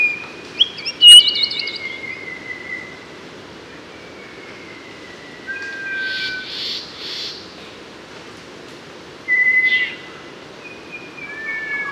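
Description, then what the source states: Mangrove robin song: long, level whistled notes near the same pitch, some slightly falling, spaced over several seconds, with brief higher chirps. Papua New Guinea.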